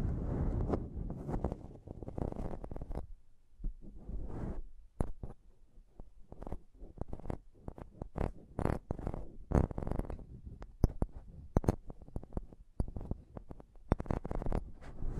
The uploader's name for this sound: Intense Mic Tapping and Scratching Sounds